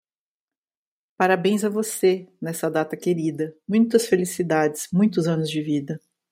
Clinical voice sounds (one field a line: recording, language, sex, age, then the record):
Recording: short text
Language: Brazilian Portuguese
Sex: female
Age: 40 to 49 years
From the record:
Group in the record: control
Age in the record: 49 years